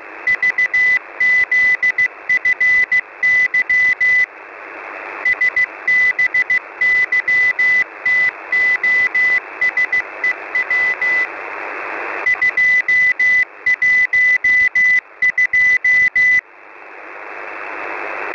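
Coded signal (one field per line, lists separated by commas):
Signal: Morse code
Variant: Russian alphabet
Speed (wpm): 15 wpm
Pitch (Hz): 2000 Hz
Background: none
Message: ЖЗФЫ СБЫТОСЕВ 212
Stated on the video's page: Russian military CW station on 5378 kHz sending a message in Russian Morse.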